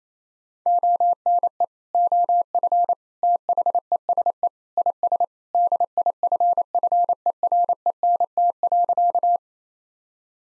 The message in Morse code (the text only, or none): ONE OF THESE IS DIFFERENT.